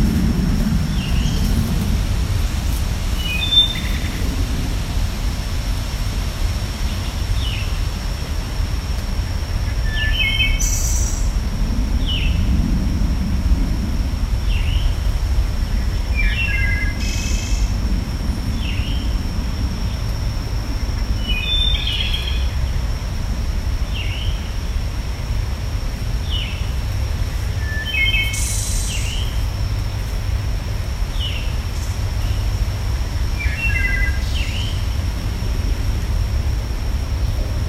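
Thrush calls sound in a jungle, short bright chirps and whistled notes repeating every second or two throughout. A steady low rumble and a thin continuous high whine, likely insects, fill the background, with a few sharper bursts around 10, 17 and 28 seconds.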